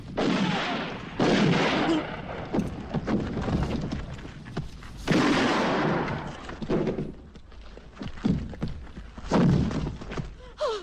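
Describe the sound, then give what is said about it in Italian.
Gunfire from a shootout scene in Sergio Leone's film Giù la testa: loud booming blasts and sharp cracking shots in irregular bursts, with heavy explosive thuds rumbling beneath a steady run of smaller pops and impacts, no talking. “Bisognerebbe fare nelle sequenze fondamentali delle sparatorie il gesto tipico che si fa con il pollice e con l'indice, facendo brum con rumore con la bocca.”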